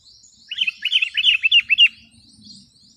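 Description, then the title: Sooty-headed bulbul giving a brisk run of several quick, sharply dropping chirped notes. "kutilang"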